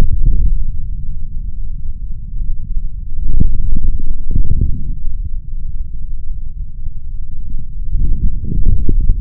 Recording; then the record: forearm muscle sounds (acoustic myography)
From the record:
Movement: forearm pronation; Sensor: system 3, bracelet of six PUI Audio POM-2738L microphones around the upper forearm, with dedicated amplification and filtering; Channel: 2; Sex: male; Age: 26 years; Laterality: right